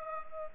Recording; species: mosquito wingbeat signal from an infrared sensor; Culex pipiens